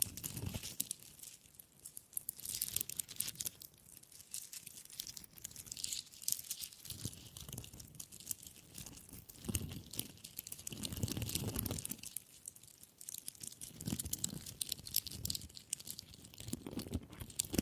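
Wood triggers: dense crackling, crinkling scratches that swell and fade in uneven waves every second or two, with soft low thumps underneath throughout.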